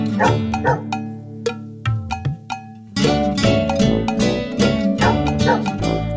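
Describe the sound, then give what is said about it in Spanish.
A string of sharp, yappy dog barks in quick rhythmic bursts, sounding over steady background music of a children's song about a farm dog, with no one talking. “Había un perro en una granja y se llamaba Bingo.”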